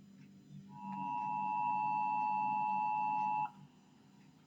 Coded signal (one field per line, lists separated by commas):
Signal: Emergency Alert System (SAME) tones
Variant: 853 and 960 Hz attention tone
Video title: Rare and Disturbing EAS Alerts Explained (REACTION) | Chilling Scares